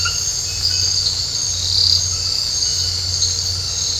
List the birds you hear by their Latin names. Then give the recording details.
none. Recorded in dense forest near Puerto Asís, Putumayo, Colombia, on 19 March 2025 at 22:30. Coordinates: 0.468, -76.322. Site GP01